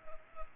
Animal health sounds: mosquito wingbeat signal from an infrared sensor; Culex pipiens

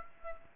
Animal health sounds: mosquito wingbeat signal from an infrared sensor; Aedes aegypti

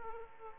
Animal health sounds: mosquito wingbeat signal from an infrared sensor; Aedes aegypti

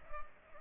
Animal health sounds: mosquito wingbeat signal from an infrared sensor; Culex pipiens

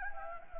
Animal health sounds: mosquito wingbeat signal from an infrared sensor; Anopheles gambiae

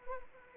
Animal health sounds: mosquito wingbeat signal from an infrared sensor; Anopheles arabiensis

